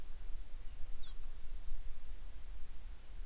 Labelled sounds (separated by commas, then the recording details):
songbird
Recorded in the Prudhoe Bay oil fields, Alaska, on 10 July 2019 at 09:42
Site 11